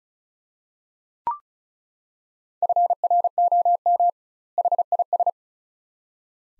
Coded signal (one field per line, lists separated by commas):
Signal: Morse code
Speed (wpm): 36 wpm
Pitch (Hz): 700 Hz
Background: none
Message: FROM HIS